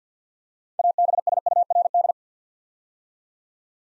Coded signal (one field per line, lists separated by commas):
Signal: Morse code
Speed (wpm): 50 wpm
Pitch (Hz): 700 Hz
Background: none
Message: ABSURD